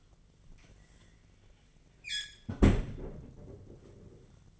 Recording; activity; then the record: daily activity, microphone in the room; close fridge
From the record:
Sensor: 4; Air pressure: 1010.5 hPa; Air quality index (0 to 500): 175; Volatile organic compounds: 5 ppm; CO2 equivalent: 1779 ppm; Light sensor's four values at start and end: 28/83/33/33 and 34/100/39/40